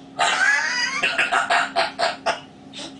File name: a vot eto razgovarivaet odna pernataya skotina po imeni grig